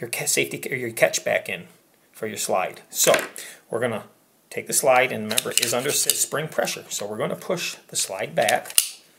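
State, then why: Not seated. During reassembly of a Sig Sauer We The People 1911 CO2 BB pistol, the spring-loaded metal slide is being handled and pushed back onto the frame while someone talks. The slide has not yet seated or clicked into place by the end of the clip.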